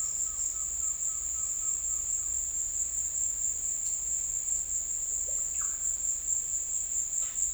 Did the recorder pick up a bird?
yes